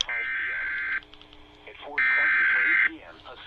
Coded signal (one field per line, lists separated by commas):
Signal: Emergency Alert System (SAME) tones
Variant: header bursts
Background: speech